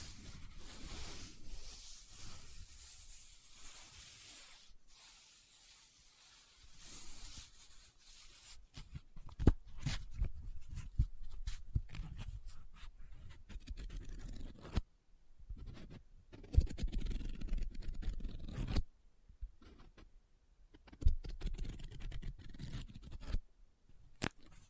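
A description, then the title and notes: Paper handled close up: a soft rubbing hiss in the first seconds gives way to bursts of crinkling and scraping from about eight seconds on. Sharp crackles and brief folds come irregularly, separated by short silences. ASMR Close Up Paper Sounds - Folding, Scratching, Rubbing, Crinkle (No Talking).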